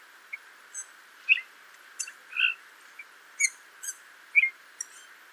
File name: Pyrrhula pyrrhula